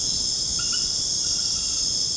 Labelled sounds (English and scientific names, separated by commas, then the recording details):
none
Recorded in dense forest near Puerto Asís, Putumayo, Colombia, on 25 June 2025 at 19:30
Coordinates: 0.486, -76.317
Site G065